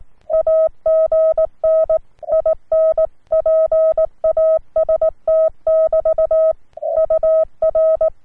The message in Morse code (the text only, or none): AGN IN PAST <BT> UR